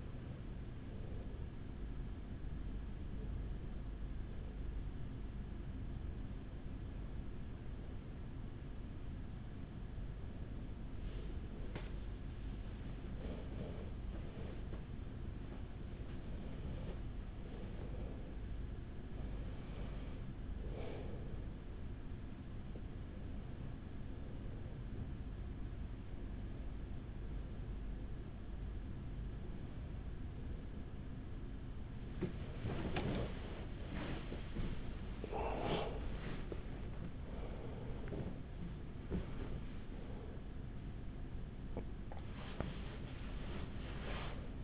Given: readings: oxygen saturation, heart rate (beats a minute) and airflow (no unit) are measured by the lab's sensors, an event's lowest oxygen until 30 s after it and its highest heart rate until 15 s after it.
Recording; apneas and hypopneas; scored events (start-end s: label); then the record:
a person awake in a sleep study, by a smartphone at the bedside; none
0.00-44.64 s: awake
From the record:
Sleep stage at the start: awake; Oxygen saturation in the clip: 95 to 96%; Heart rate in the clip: 44 to 71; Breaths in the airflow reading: 13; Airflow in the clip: -6.4 to 6.7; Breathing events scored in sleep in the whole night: 207 in 7.6 hours asleep